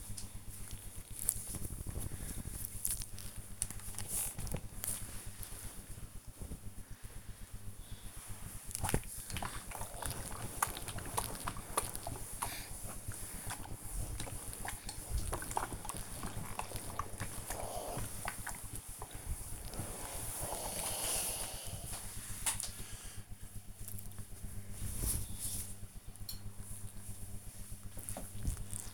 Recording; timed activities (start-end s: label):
household activities, microphone on the right wrist
0.00-28.94 s: ironing laundry